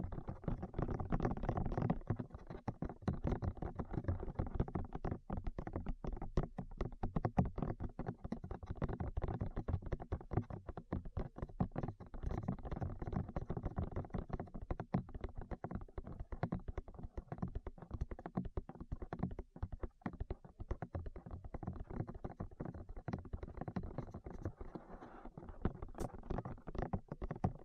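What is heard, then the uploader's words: Dense, rapid tapping and knocking on the ears runs throughout, muffled, with thick low thuds and a faint hiss behind. ASMR Tap Your Ears 3Dio (No Talking).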